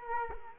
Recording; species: mosquito wingbeat signal from an infrared sensor; Culex quinquefasciatus